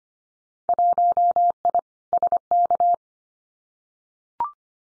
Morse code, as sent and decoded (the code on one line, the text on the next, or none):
.---- .. / ... -.-
1I SK